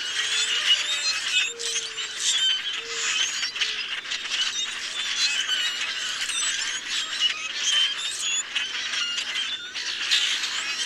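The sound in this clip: Common grackles chattering en masse with high squeaky and creaky notes, while a few short low hoots sound near the start.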